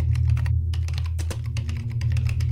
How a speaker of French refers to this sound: Ses doigts volèrent sur les touches du clavier.